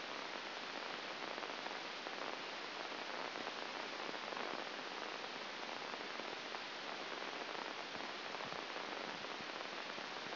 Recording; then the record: brain microelectrode recording played as sound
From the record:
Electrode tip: outside the subthalamic nucleus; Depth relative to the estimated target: -5 mm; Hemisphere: left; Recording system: AlphaMap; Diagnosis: Parkinson's disease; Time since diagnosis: 9 years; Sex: male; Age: 68 years